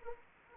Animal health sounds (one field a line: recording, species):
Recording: mosquito wingbeat signal from an infrared sensor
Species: Anopheles arabiensis